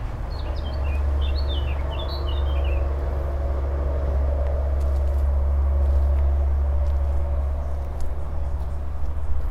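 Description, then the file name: Eurasian blackcap: three quick clusters of high notes, each dropping in pitch, over a steady low rumble. "Sylvia atricapilla"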